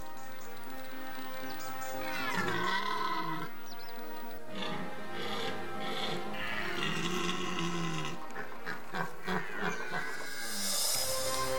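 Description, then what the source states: Red deer bellowing, a rough, deep harmonic roar that rises and falls in drawn-out phrases. Rutting bellow, called brame, of a stag.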